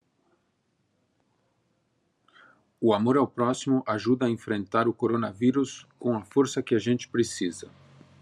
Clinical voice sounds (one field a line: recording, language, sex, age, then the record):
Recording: spoken sentence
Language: Brazilian Portuguese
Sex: male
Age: 50 to 59 years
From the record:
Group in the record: control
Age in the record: 55 years